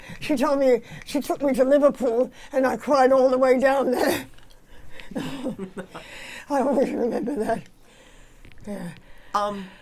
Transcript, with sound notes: She told me she took me to Liverpool and I cried all the way down there. (she laughs) I always remember that, yeah.